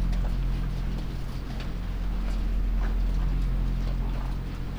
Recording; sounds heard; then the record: poultry house recording; sick chickens (respiratory disease)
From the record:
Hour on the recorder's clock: 1